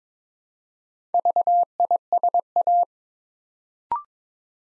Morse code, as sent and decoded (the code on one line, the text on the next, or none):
...- .. ... .-
VISA